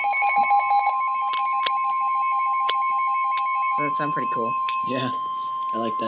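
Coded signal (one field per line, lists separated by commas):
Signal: Emergency Alert System (SAME) tones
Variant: 1050 Hz attention tone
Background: speech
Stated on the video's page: Severe thunderstorm warning from NOAA Weather Radio covering parts of Ohio, Pennsylvania and West Virginia.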